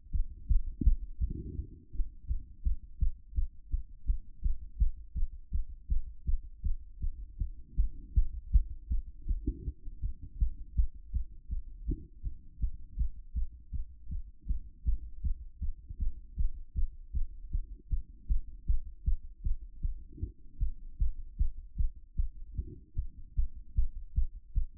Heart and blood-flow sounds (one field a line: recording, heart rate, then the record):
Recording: heart sounds by stethoscope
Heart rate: 160 bpm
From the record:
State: after exercise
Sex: female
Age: 26 years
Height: 180 cm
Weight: 85 kg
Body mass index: 26.23